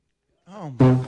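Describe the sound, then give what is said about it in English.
A person vocally imitates alligators bellowing in a swamp during mating season: a low, wavering growl that swells into a louder, harsh, sustained roar, lasting about a second. “You go in the swamp during mating season, you hear a bunch of gators with just their nostrils above the waterline going...”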